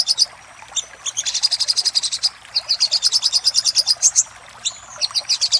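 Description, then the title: Little spiderhunter delivering dense, rapid high chips that run almost into a trill, in long bursts separated by short gaps. Master recording of little spiderhunter ('sogok ontong'), labelled Labaik, used for training cage birds. "Masteran Burung Sogok Ontong Labaik"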